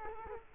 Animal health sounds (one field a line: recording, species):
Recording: mosquito wingbeat signal from an infrared sensor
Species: Culex quinquefasciatus